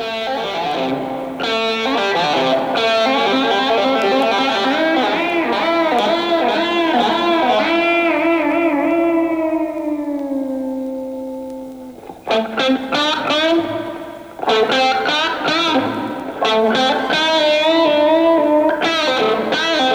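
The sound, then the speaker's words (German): A distorted electric guitar plays a solo alone, with reverb, heavy wavering vibrato and sliding bends, a long sustained note that hangs and fades like feedback, then bursts of quick, loud runs. “Hall, Lautstärke, schleifende Töne, starkes Vibrato, schnelle Läufe und Rückkopplungseffekte.”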